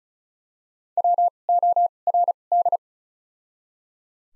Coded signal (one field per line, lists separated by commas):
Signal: Morse code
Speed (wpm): 36 wpm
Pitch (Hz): 700 Hz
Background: none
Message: W O R D